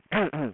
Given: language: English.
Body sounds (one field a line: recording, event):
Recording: throat vibration sensor signal played as sound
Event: throat clearing